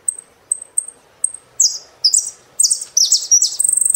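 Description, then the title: Saffron finch song: a few thin high chirps leading into loud buzzy slurred notes, ending in a rapid rattling trill. "Jilguero Argentino"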